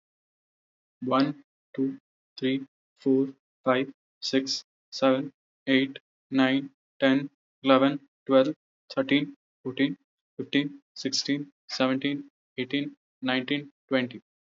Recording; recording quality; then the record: counting at a normal pace; excellent, no background noise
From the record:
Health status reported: healthy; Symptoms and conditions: none ticked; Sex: male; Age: 22 years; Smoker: not ticked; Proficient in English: yes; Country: India